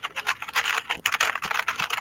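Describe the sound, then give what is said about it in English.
Rapid, frantic typing on a computer keyboard, a dense flurry of sharp plastic key clicks rattling along with hardly a pause. “I can just hear dad frantically type against communists in battle. The delay on the keyboard.”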